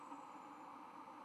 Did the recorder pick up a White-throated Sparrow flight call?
no